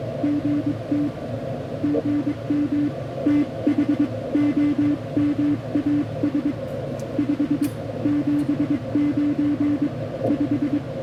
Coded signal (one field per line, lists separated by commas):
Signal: Morse code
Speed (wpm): 22 wpm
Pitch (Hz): 290 Hz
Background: none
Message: GT GM THOMAS 579 5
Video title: The Battleship North Carolina: An Amazing POTA Activation Like No Other!